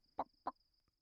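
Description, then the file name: Chicken giving two short, low clucks about a quarter second apart, followed by a faint tick, over a thin steady high tone. "Huhn"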